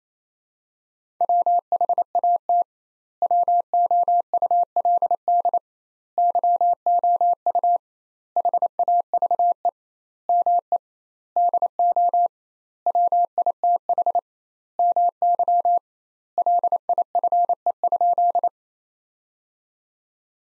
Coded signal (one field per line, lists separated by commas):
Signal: Morse code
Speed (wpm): 28 wpm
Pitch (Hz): 700 Hz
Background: none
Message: WHAT WOULD YOU HAVE ME DO WITH MY LIFE?